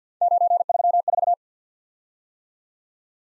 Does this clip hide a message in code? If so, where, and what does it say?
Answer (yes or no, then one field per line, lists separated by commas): yes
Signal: Morse code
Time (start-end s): 0.2-1.3 s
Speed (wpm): 51 wpm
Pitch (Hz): 700 Hz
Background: none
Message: 934